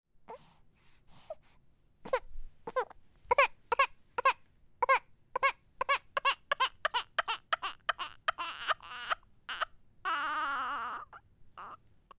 Pleasant baby crying.